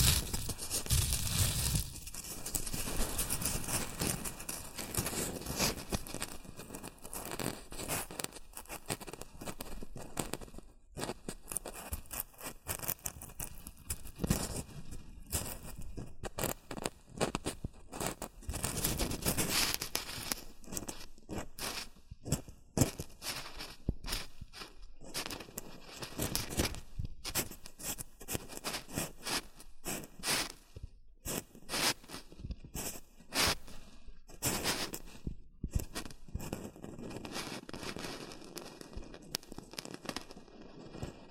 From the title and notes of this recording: ASMR Rustling and Crinkle Sounds (Shredded Tissue, Packing Peanuts).